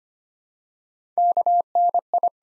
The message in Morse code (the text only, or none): KNI